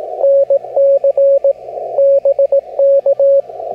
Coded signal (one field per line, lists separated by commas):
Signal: Morse code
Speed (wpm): 17 wpm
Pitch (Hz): 550 Hz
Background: radio noise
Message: NC BK